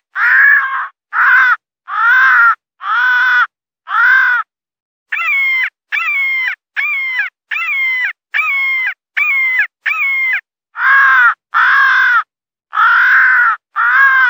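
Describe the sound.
Crow calling: broad harsh caws, then a run of shorter, higher, sharper calls with a bent pitch, then more harsh caws.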